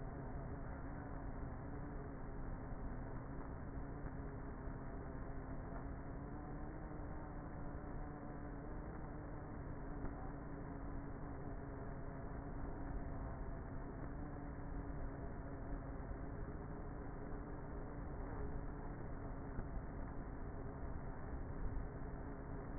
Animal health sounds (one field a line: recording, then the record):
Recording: honeybee colony, microphone inside the hive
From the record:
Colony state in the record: queenless with a low population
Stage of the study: before two queens were removed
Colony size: about 30,000 bees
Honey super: no